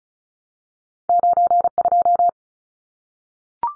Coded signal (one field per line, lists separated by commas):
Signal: Morse code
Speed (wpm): 36 wpm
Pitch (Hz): 700 Hz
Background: none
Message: 92